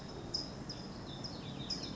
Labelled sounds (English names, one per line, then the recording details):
California Towhee
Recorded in Sonoma County, California